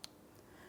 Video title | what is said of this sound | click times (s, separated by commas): How to Replace Headlight Assemblies 2004-2008 Pontiac Grand Prix | After an audible click, a light tug to confirm it's secured together. | 0.0 s